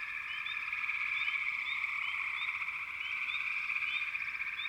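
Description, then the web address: Frogs in chorus, a steady high trilling drone from many animals, overlaid by frequent quick upward-sliding chirps. "Dan Gibson Echoes of Nature. American Wilds. Frog Chorus"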